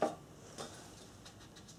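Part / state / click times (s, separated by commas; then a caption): locking catch of a mounting bracket on a miter saw stand / not seated / none. The locking catch of a metal mounting bracket on a Ridgid MSUV miter saw stand, model AC9945, is handled while the bracket is being locked to the stand. A sharp knock opens the clip, a softer knock follows at about 0.6 seconds, and faint light ticks trail off toward the end. Nothing has seated or clicked yet.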